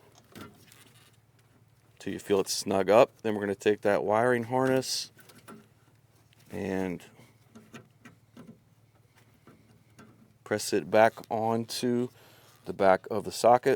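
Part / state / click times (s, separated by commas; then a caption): wiring harness connector onto headlight bulb socket / not seated / none. A wiring harness connector is handled and lined up before being pressed onto the low beam headlight bulb socket of a 2011–2017 Honda Odyssey. Someone talks, and faint handling taps and small knocks are heard between the speech. Nothing has clicked or seated yet.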